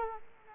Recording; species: mosquito wingbeat signal from an infrared sensor; Culex quinquefasciatus